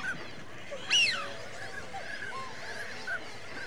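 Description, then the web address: Waterfowl honking call: one loud, harsh honk dropping in pitch, with faint calls before and after it and a steady background hiss. Winter migrant waterfowl. "BBC Sound Effects Library BBC - Animals and Birds Winter Migrant Waterfowl"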